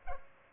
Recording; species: mosquito wingbeat signal from an infrared sensor; Culex pipiens